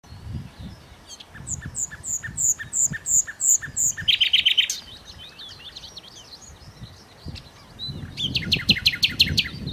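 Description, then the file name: Common nightingale song with varied phrases: a run of repeated high whistled notes, a rapid trill, then scattered chirps and a repeated phrase near the end, with low rumbling background noise. "Nachtigall"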